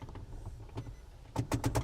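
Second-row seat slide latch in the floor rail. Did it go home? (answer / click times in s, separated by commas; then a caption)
yes / 1.4 s, 1.5 s, 1.6 s. The second-row seat of a Nissan Serena e-Power is slid forward and back on its floor rails, and the seat slide latch clicks into the many adjustment positions. After a quiet stretch of faint low rumble and soft knocks, sharp latch clicks land at 1.4, 1.5 and 1.6 seconds, followed by a few more, showing the rail lock catching in each position.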